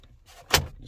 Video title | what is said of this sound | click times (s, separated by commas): painting interior dashboard parts on your car! | that just snaps back in place | 0.5 s